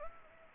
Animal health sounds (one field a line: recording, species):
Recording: mosquito wingbeat signal from an infrared sensor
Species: Anopheles gambiae